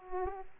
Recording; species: mosquito wingbeat signal from an infrared sensor; Aedes aegypti